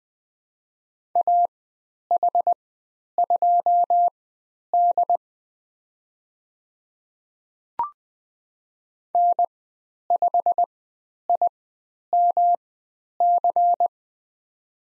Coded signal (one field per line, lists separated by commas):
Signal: Morse code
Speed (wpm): 20 wpm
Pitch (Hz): 700 Hz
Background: none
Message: AH2D N5IMC